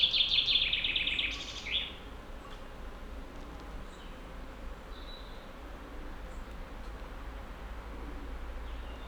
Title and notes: Village Tipi, Route du Revard, Chalets de la Clusaz, Montcel, Chambéry, Savoie, Auvergne-Rhône-Alpes, France métropolitaine, , France - Pinson. Dans la forêt un pinson envoie sa ritournelle on entends aussi des insectes volants passer rapidement . Captation binaurale